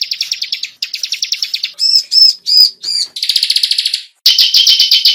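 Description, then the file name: Bar-winged prinia song: loud continuous buzzy trills broken by a few arched, slurred whistles and a high rattling phrase. "suara burung ciblek semi"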